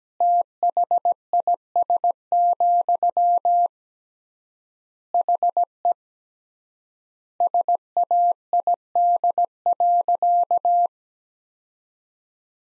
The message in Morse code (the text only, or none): THIS, HE SAID.